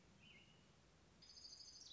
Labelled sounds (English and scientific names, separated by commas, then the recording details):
American Robin (Turdus migratorius)
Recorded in Sonoma County, California